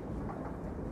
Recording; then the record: background sound without coughing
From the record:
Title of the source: Train Ride Ambience ambient white noise for sleeping, focus, studying, reading